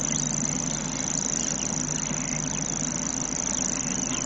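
Grasshopper warbler song: a continuous high mechanical reel, like a fast-ticking cricket, sustained from start to end over a low background hum.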